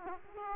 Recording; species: mosquito wingbeat signal from an infrared sensor; Aedes aegypti